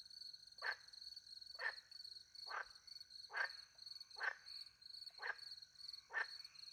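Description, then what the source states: Short frog calls repeated about once a second, sharp and clipped, with a steady high cricket trill throughout. Frogs with crickets, countryside by night near a little pond, France; microphones hidden in a tree close to the pond; two Usi pro microphones into a Mixpre 10 II recorder.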